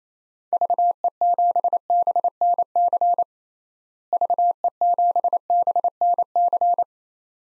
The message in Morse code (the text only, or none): VE7BNC VE7BNC